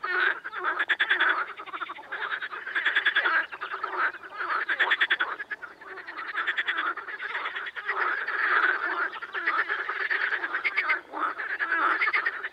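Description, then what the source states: Amphibian chorus of steady, overlapping rattling croaks throughout, swelling and easing in loose waves. Amphibian ambience.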